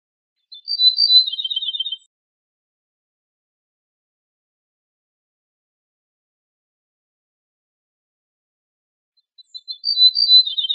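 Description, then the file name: Ortolan bunting delivering two similar song phrases about nine seconds apart, each a high slurred start followed by a quick run of lower repeated notes, silence between. "suara kicauan ortolan"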